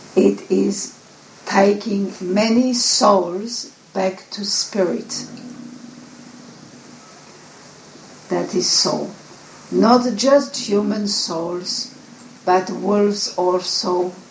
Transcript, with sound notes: It is taking many Souls back to Spirit. (Dog growls) That is so. Not just human souls, but wolves also,